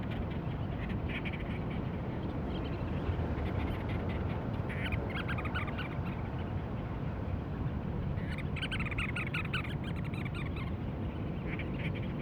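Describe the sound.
Cape Verde storm petrel calls: bursts of rapid, rasping chattering notes around five seconds and again from eight to ten seconds, over a steady low rumble.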